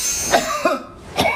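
Three brief, crisp cough bursts in about a second and a half, each clean and short without a drawn-out rattle. In traditional Chinese medicine, this clear, short cough marks cold-type phlegm that comes up easily, and the cough and phlegm tend to worsen with exposure to cold. The cough is imitated by an adult.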